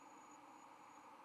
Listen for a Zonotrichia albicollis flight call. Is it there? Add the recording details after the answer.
no. No flight call is heard. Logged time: 05:13 on 13 November 2014